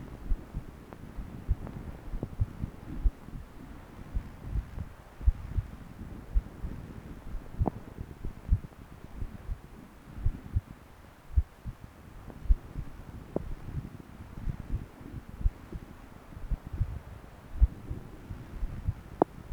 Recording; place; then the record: Doppler ultrasound of blood flow; right subclavian vein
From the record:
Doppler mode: continuous wave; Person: adult scuba diver, at rest before a dive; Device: O'Dive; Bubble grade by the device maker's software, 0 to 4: impossible